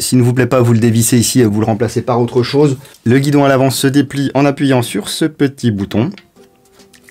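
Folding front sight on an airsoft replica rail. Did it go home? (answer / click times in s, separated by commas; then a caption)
no / none. Someone talks for about six seconds while handling the folding front sight on the rail of a G&G CM16 LMG airsoft light machine gun, which is released with a small button to flip up and lock upright. After the talking stops, a quiet tonal background remains and a few faint small ticks come near the end. Nothing has seated or locked yet.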